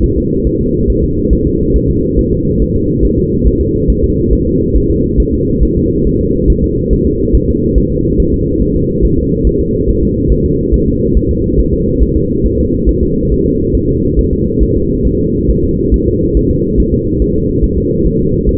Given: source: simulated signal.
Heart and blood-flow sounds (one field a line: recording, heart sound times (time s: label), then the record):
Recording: fetal heart sounds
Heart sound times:
0.04 s: S1
0.18 s: S2
0.47 s: S1
0.61 s: S2
0.90 s: S1
1.04 s: S2
1.33 s: S1
1.47 s: S2
1.76 s: S1
1.90 s: S2
2.19 s: S1
2.33 s: S2
2.62 s: S1
2.76 s: S2
3.05 s: S1
3.19 s: S2
3.47 s: S1
3.61 s: S2
3.90 s: S1
4.04 s: S2
4.33 s: S1
4.47 s: S2
4.76 s: S1
4.90 s: S2
5.20 s: S1
5.34 s: S2
5.63 s: S1
5.77 s: S2
6.07 s: S1
6.21 s: S2
6.50 s: S1
6.64 s: S2
6.93 s: S1
7.07 s: S2
7.35 s: S1
7.49 s: S2
7.78 s: S1
7.92 s: S2
8.20 s: S1
8.34 s: S2
8.62 s: S1
8.76 s: S2
9.05 s: S1
9.19 s: S2
9.47 s: S1
9.61 s: S2
9.89 s: S1
10.03 s: S2
10.32 s: S1
10.46 s: S2
10.74 s: S1
10.88 s: S2
11.17 s: S1
11.31 s: S2
11.60 s: S1
11.73 s: S2
12.03 s: S1
12.16 s: S2
12.46 s: S1
12.60 s: S2
12.89 s: S1
13.03 s: S2
13.32 s: S1
13.46 s: S2
13.75 s: S1
13.89 s: S2
14.19 s: S1
14.33 s: S2
14.63 s: S1
14.77 s: S2
15.07 s: S1
15.21 s: S2
15.51 s: S1
15.64 s: S2
15.94 s: S1
16.08 s: S2
16.37 s: S1
16.51 s: S2
16.80 s: S1
16.94 s: S2
17.22 s: S1
17.36 s: S2
17.64 s: S1
17.78 s: S2
18.07 s: S1
18.20 s: S2
18.49 s: S1
From the record:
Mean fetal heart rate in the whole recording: 140 bpm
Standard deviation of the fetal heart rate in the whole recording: 2 bpm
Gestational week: 34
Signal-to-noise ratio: -10.2 dB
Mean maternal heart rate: 72 bpm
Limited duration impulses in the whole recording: present